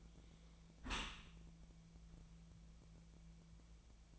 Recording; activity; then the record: daily activity, microphone in the room; close dishwasher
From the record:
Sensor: 1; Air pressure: 1000.6 hPa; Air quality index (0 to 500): 182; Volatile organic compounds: 4 ppm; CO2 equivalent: 1670 ppm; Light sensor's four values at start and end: 10/25/10/12 and 10/25/10/12